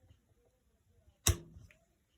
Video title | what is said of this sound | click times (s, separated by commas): Rock along and rockin Santa volume recommendations Christmas time variant | and give it a gentle push and you should hear a click | 1.3 s